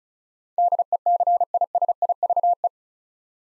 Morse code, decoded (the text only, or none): DECISIVE